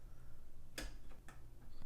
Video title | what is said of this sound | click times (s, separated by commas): How To FIX Your Nebra Indoor Hotspot Miner Hardware Issues (MUST WATCH for Nebra owners) | Once you have it properly aligned, it should snap in. You should hear that. | 0.8 s